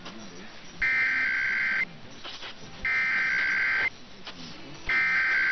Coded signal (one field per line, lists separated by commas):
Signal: Emergency Alert System (SAME) tones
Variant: header bursts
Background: speech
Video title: [EAS #2062-#2066] Sunday & MLK Day RWTs